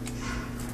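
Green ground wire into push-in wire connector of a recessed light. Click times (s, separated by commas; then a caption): 0.1 s. A green ground wire is popped into the push-in wire connector of a recessed light, and a short sharp click at 0.1 s shows it has seated. Low steady hum sits underneath, and the wire is then tugged to confirm it holds.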